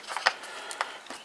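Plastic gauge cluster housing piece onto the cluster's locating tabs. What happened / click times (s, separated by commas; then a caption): The plastic housing snapped fully onto its tabs / 0.3 s, 0.8 s. A plastic gauge cluster housing piece on a 2000 Ford Ranger is pressed down onto the cluster's locating tabs to make sure they are fully seated. Sharp plastic clicks sound at 0.3 s and 0.8 s, with a few fainter ticks around them. The piece ends up fully seated and good to go.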